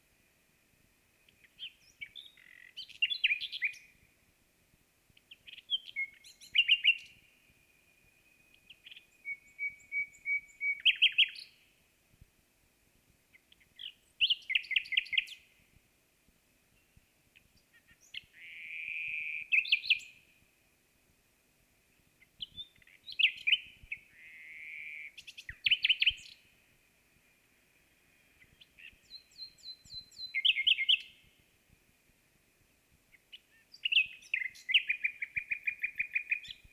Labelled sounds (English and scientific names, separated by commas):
Common Nightingale (Luscinia megarhynchos) song